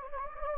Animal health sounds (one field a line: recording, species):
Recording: mosquito wingbeat signal from an infrared sensor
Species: Anopheles gambiae